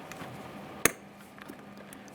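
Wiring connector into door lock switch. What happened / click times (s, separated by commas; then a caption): The connector clicked into place / 0.9 s. An electrical wiring connector is pressed into the door lock switch behind the door panel of a 2015-2020 Ford F-150. A sharp, bright click at 0.9 s shows the connector has seated, with a few faint ticks before and after it against a quiet background.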